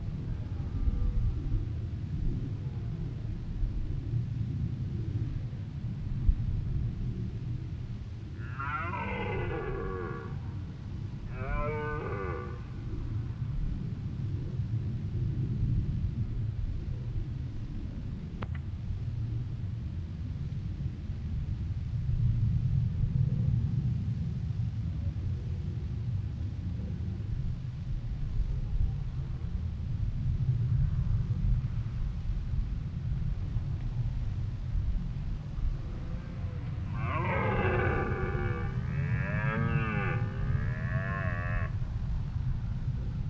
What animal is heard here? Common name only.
Red Deer